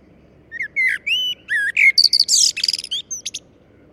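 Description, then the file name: Common blackbird song: a warbled run of mellow whistles that speeds up into a busy, squeaky high-pitched twitter before trailing off in a few thin notes. "Turdus merula"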